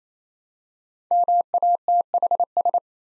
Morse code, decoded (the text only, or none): MATHS